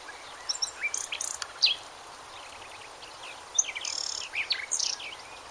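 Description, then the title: Bird song of high, varied chirps and short whistled notes, sounding in two loose bursts around a quiet gap, over a steady hiss. "LuckyPassaro Completos2Sama"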